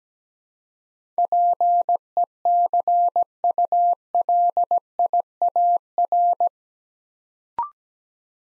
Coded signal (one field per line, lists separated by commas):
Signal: Morse code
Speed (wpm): 17 wpm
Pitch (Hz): 700 Hz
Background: none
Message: PECULIAR